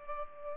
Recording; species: mosquito wingbeat signal from an infrared sensor; Culex pipiens